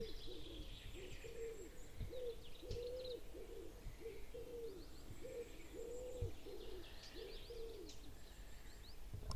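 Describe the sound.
Common wood pigeon cooing, a steady sequence of soft, low hooting notes in rhythmic phrases, with faint high bird chirps in the background.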